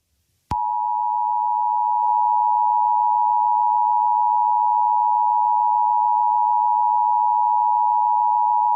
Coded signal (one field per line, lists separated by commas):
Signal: Emergency Alert System (SAME) tones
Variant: 853 and 960 Hz attention tone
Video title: EAS Scenario #8: Total Blackout